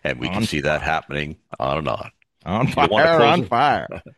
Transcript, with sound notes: And we can see that happening on and on. (laughs)
On fire, on fire.